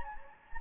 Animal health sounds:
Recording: mosquito wingbeat signal from an infrared sensor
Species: Anopheles gambiae

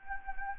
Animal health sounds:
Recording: mosquito wingbeat signal from an infrared sensor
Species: Anopheles gambiae

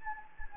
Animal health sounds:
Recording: mosquito wingbeat signal from an infrared sensor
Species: Anopheles gambiae

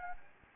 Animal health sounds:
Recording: mosquito wingbeat signal from an infrared sensor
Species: Anopheles gambiae

